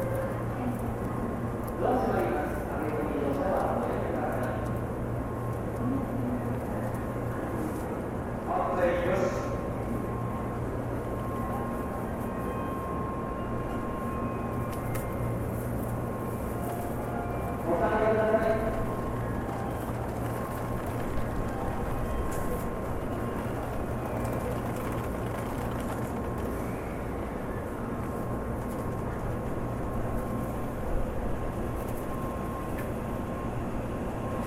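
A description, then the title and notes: A train platform with a steady low rumble of trains running under everything, and a thin constant tone hanging in the middle. Voices of people talking come through in short bursts near the start, around nine seconds, and again around eighteen seconds. TRAIN STATION IN JAPAN AMBIENCE.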